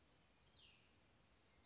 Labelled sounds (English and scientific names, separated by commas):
Cassin's Vireo (Vireo cassinii)